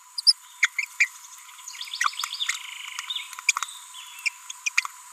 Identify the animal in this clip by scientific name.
Forpus passerinus